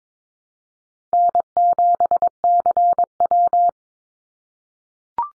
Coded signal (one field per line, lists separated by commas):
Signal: Morse code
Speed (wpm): 22 wpm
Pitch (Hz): 700 Hz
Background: none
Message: N7CW